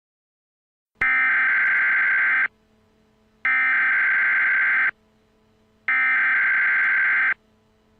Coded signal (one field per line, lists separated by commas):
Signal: Emergency Alert System (SAME) tones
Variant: header bursts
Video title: [EAS Scenario] Technological Takeover Part 1